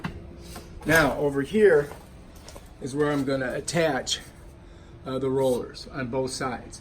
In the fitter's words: and then this is gonna lock in there I'm gonna lock that in there now